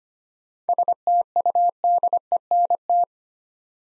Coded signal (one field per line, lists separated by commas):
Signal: Morse code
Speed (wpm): 25 wpm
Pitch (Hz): 700 Hz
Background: none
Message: STUDENT